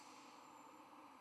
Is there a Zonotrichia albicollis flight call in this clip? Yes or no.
no